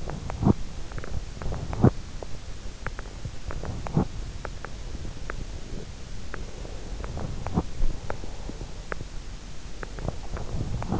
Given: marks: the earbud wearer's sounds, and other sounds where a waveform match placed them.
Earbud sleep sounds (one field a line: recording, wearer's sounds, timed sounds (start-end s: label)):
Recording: sounds in sleep by an in-ear microphone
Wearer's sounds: teeth grinding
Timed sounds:
0.00-0.81 s: teeth grinding
1.29-2.22 s: teeth grinding
3.36-4.19 s: teeth grinding
7.27-7.79 s: teeth grinding
10.00-11.00 s: teeth grinding